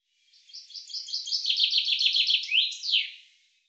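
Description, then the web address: Common chaffinch song, a run of repeated falling notes closing with a clear terminal flourish. "Deverinetal 2025 File cleaned normalized Bird Fr Co"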